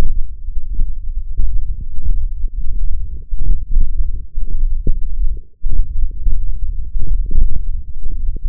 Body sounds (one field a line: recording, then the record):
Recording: forearm muscle sounds (acoustic myography)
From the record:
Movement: hand closing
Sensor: system 1, eight BSWA MPA416 microphones around the upper forearm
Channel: 6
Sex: male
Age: 21 years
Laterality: right